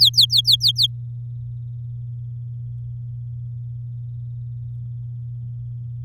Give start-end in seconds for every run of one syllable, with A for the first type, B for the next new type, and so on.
0.00-0.87 A